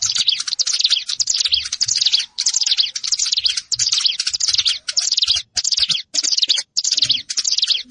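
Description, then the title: Plain prinia singing dense buzzy high notes almost without pause, phrases running together with a few short breaks. "Ciblek Sawah"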